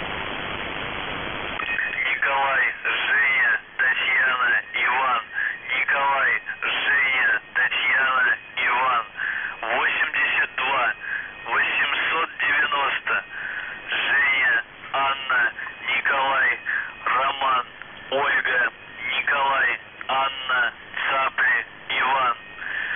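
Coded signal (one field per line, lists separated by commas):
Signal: numbers station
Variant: UVB-76, Russian voice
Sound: a voice reading words over a narrow radio channel, with short pauses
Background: radio static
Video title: [UVB-76, The Buzzer] Voice Message; 16. April 2021, 08:07 UTC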